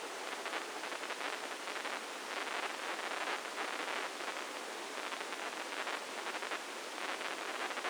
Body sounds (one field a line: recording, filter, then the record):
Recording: brain microelectrode recording played as sound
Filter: spike band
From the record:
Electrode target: subthalamic nucleus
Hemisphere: left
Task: reaching with the right hand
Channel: 1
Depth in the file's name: 2.062 mm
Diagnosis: Parkinson's disease